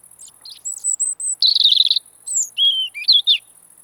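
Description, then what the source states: European robin song: a high, sweet phrase of thin whistles and a rapid trill, then lower liquid warbled notes, with a faint high hiss. Autumn song, singing again now with the arrival of northern migrants.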